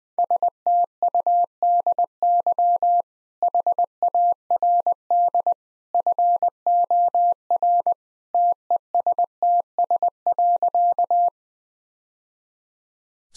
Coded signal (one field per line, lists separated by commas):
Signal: Morse code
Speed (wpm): 21 wpm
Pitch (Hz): 700 Hz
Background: none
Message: STUDY HARD FOR TESTS.